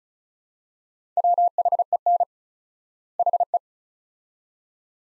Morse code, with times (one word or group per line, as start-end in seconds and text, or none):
1.2-2.2 WHEN
3.2-3.6 HE